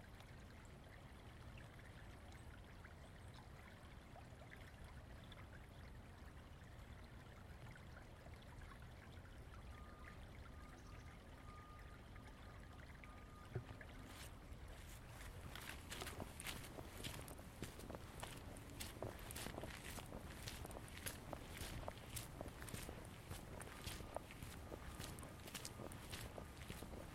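A walk in Ravenna Park, Seattle, with a steady low rush like flowing water under everything. For the first half the sound is smooth, with a brief faint tone near ten seconds. From about fourteen seconds, regular crunchy footsteps begin and repeat densely until the end.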